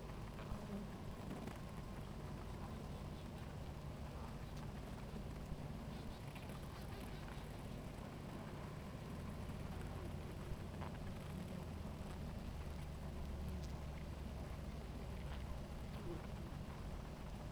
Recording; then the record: honeybee colony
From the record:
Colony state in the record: active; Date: 28 July 2017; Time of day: 17:43